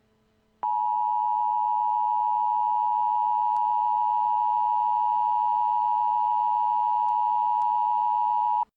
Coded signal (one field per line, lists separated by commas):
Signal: Emergency Alert System (SAME) tones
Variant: 853 and 960 Hz attention tone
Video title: EAS: Civil Danger Warning for Adams County, NE